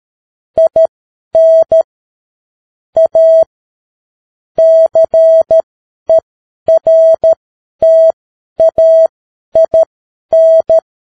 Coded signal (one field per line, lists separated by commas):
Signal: Morse code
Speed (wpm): 13 wpm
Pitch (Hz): 650 Hz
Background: none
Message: IN A CERTAIN